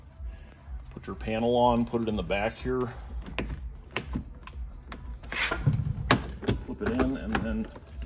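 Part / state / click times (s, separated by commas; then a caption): plastic trim panel clipping into the car door / not seated / none. Someone talks while fitting a plastic trim panel (the window switch or door trim panel) onto a car door, hooking it in at the back, flipping it down and starting to push it in. Short, sharp plastic taps and knocks are heard as the panel is handled. Nothing has seated or clicked yet; the clip ends before the panel's plastic clip snaps home.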